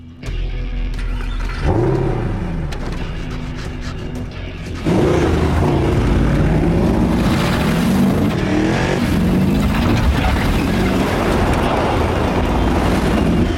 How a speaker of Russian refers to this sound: Джон сел в автомобиль и завел его и резко сдал назад.